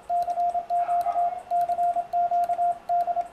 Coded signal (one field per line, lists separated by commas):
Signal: Morse code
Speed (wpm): 25 wpm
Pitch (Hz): 690 Hz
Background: radio noise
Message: CQ CQD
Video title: BATE PAPO EM CW COM MEU AMIGO BOB RAPOZÃO